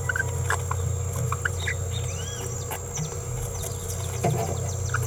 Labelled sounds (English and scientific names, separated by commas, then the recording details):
Green-rumped Parrotlet (Forpus passerinus) babbling
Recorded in a nest box in Venezuela
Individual 18B17A5